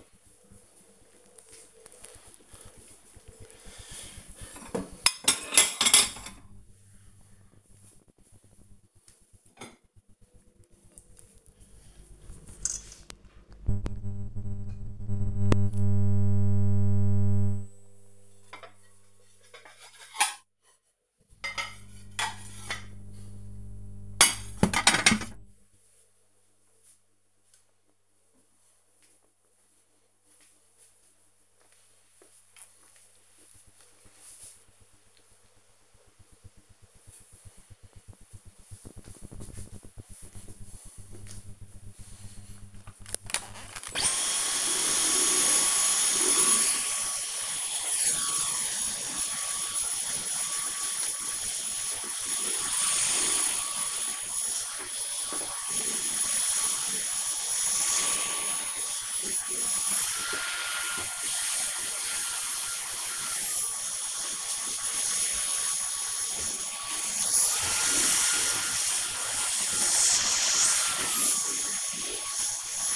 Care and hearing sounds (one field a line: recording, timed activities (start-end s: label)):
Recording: household activities, microphone on the right wrist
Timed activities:
0.00-27.76 s: putting away the dishes
43.83-72.96 s: vacuum cleaning